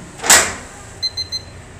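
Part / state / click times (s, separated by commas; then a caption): electronic safe lock bolt in ATM safe door / seated / 0.3 s. The electronic lock handle on the closed steel door of a Tata Indicash ATM cash safe is turned anticlockwise, and a single sharp, loud hit rings out at 0.3 s as the lock bolt goes home. Three short high beeps follow at about 1.0, 1.2 and 1.3 s. The safe is locked, confirmed by the lock light blinking three times and the handle no longer turning clockwise.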